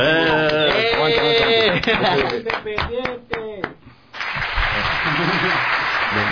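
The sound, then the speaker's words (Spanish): During an interview, applause for Independiente's 2-0 win: voices ring out, then scattered sharp claps build into a dense, steady burst of applause that keeps going loudly to the end. “A ver, bien, un aplauso.”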